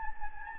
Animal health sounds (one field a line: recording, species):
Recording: mosquito wingbeat signal from an infrared sensor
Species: Anopheles gambiae